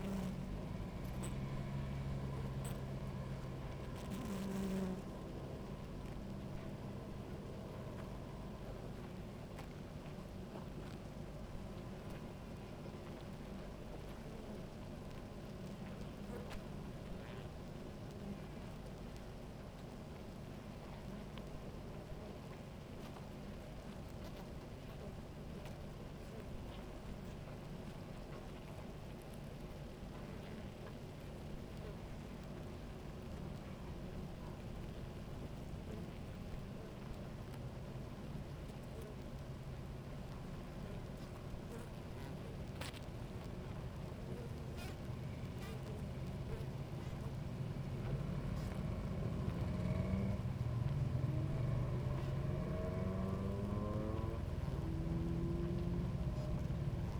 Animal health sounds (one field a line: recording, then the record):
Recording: honeybee colony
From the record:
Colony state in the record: active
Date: 28 July 2017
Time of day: 17:11